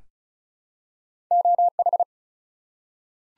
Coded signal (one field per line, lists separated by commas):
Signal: Morse code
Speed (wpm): 36 wpm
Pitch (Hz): 700 Hz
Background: none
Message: OH